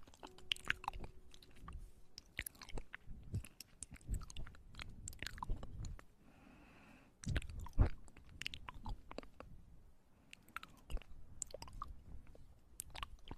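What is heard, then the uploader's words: Wet mouth sounds of ear eating with sharp clicks and smacks every second or so, a brief quiet hiss near six seconds. Ear Eating & Hand Movements.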